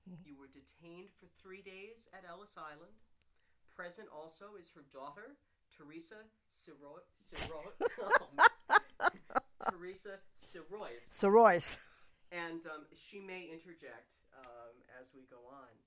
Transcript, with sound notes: You were detained for three days at Ellis Island. Present also is her daughter, Theresa Siro-- ( they laugh ) Theresa Sirois.
Sirois.
And she may interject as we go on.